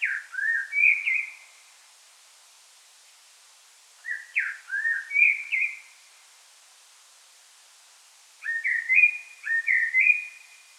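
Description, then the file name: Common blackbird song: three mellow, fluty whistled phrases about every four seconds, each sliding and warbling, ending in higher notes, with quiet pauses between. "Turdus merula"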